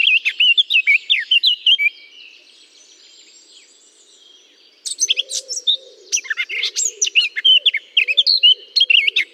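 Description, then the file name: Eurasian blackcap warbling: a short fluty phrase, a pause, then a fast, varied scratchy and whistled run, with soft low cooing beneath the second half. Singing in holly. "chant de fauvette a tete noire dans houx"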